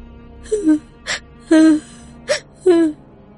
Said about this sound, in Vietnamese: Hiroe ngồi sụp xuống chỗ cây nam thiên trúc, khóc nấc lên những tiếng thảm thiết.